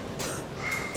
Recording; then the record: coughing mixed with background sound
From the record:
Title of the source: 34 coughing up crap again